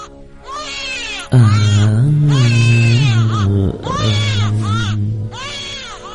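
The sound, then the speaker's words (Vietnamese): A plaintive, eerie weeping voice at night in long, drawn-out sobbing phrases, its pitch wavering and sliding. It rises after a quiet start, then breaks into several wailing bursts with brief catches between them. “Đến bây giờ, tối đi ngang qua vẫn nghe có tiếng khóc tỉ tê và đâu đó văng vẳng tiếng ru con.”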